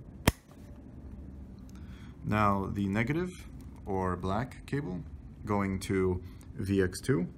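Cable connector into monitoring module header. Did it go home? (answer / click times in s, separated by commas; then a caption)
yes / 0.3 s. A red positive battery cable connector is pushed fully into the VX1 header on a Sendyne SIM100 isolation and high voltage monitor board, and a sharp, loud click sounds at 0.3 s as it seats. Someone then talks over a quiet background.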